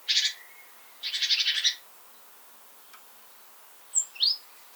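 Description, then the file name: Great tit giving a short rasp followed by a longer pulsed churring rattle, then silence and two brief high squeaky notes. "Parus major"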